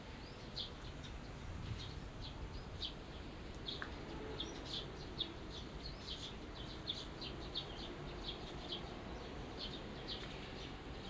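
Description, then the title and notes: Birds chirping in a steady stream of short high notes, fairly even throughout, with low background rumble. Binaural recording in a small garden in a corner of Yushima Tenjin shrine, Tokyo, Japan, surrounded by buildings, after rain. "小鳥のさえずり、雨上がりの庭園にて（Binaural）- Birds singing in the garden. 湯島天神の片隅にある小さな庭園で録音しました。"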